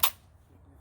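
The spring-loaded knurled collar on an SKS folding blade bayonet is pulled down, and the bayonet is lifted out and swung until it locks into its rifle lug. One sharp metallic snap is heard at 0.0 s, followed by a quiet low hum. The bayonet is seated and locked in place.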